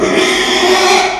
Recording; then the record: squeal of a Yucatan mini pig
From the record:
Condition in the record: after surgery on the right vocal fold (resection and tissue-engineered implant); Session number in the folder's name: 2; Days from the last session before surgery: 13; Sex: male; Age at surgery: 12 weeks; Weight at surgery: 13 kg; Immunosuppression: cyclosporine, prednisolone